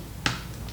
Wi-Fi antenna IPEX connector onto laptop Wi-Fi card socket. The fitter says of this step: till you hear the click sound so that's how you need to connect